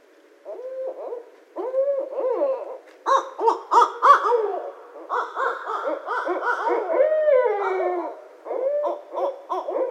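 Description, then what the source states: Barred owl calling, a busy run of wavering hoots and cackles with descending, drawn-out wails near the end. Recorded 18 January 2012.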